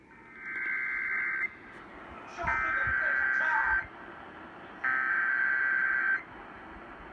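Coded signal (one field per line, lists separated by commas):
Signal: Emergency Alert System (SAME) tones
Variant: header bursts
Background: speech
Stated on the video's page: Alerts, including a PDS tornado warning, received from at least 700 miles away on a Sangean radio and a RadioShack 12-996.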